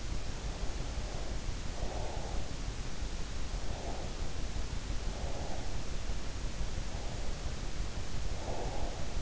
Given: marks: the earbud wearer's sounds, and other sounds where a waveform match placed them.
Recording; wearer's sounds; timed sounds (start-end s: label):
sounds in sleep by an in-ear microphone; breath
0.44-2.60 s: breath
3.64-5.93 s: breath
6.71-9.22 s: breath